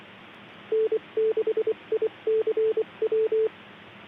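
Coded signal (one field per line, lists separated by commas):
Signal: Morse code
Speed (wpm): 24 wpm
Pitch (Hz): 440 Hz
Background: none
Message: N6ICW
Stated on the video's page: Weekly swap net on a repeater system, streamed live.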